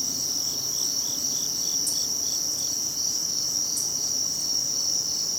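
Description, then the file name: Cricket song as a continuous high, even trill, with fainter pulsed insect trilling beneath and occasional brief clicks. Recorded during the Herring Run Cricket Crawl on 7 September 2016. "thomas wilson Herring Run Cricket Crawl 5 of 6 2016-0907"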